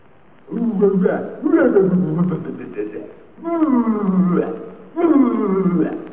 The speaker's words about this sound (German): Gott bewahre uns, der Löwe! Ja, mein Freund der Löwe, der ist ganz einverstanden.